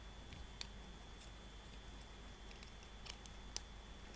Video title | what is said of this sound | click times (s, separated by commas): Gopro 7 teardown - Démonter la Gopro 7 | a retrouvé notre capteur ça fait le clic c'est bon on est | 3.6 s